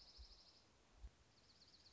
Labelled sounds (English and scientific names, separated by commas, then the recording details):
Dark-eyed Junco (Junco hyemalis)
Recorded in Sonoma County, California